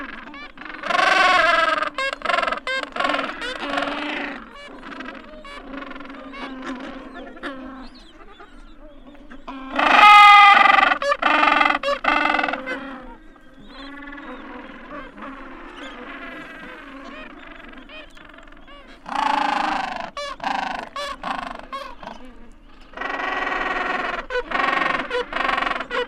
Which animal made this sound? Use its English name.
Gentoo Penguin